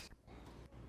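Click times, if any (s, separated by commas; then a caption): none. A battery pack is slid along the notches onto the battery mount on the back of a video camera. There is a short burst of broadband scraping at the start, then a low steady rumble with a faint rustle near 0.5 s. Nothing has seated or clicked yet.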